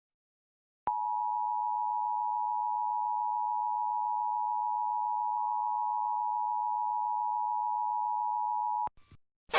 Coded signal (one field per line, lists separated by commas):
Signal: Emergency Alert System (SAME) tones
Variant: 853 and 960 Hz attention tone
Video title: Shrek opens the door to an EAS